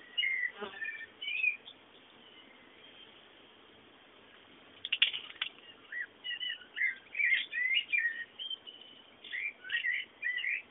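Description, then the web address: Birds chirping, a few twitters early, a quiet stretch, then a renewed run of high chirps in repeated bursts. Background bird sounds. "bullas Bullasdata sounds fondo pajaros"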